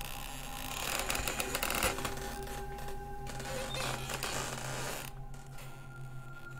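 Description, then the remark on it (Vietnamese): A sliding door in a house grinds open with a long, rasping creak, scraping and squealing steadily for about five seconds before the noise drops to a quieter rumble, with no voices. “Có đôi khi là tiếng mở cửa kéo cả kéo kẹt đến rợn cả người, tiếng bát đũa khua vào ầm ĩ ở dưới bếp.”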